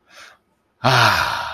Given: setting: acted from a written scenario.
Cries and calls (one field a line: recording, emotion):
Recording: vocal sound without words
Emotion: contentment